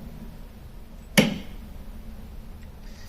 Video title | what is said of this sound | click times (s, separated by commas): Wheeleez™ Quick Release Axle System | push it over and listen for the click | 1.2 s